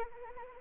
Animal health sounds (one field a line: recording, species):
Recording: mosquito wingbeat signal from an infrared sensor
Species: Anopheles arabiensis